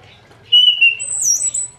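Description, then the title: Orange-headed thrush song fragment: a clear whistled note followed by a very high, thin dipping whistle. Singing bird in full, vigorous song; the song style is called "gacor ngeplong". "Anis Kembang Gacor Ngeplong Istimewa Suara Burung"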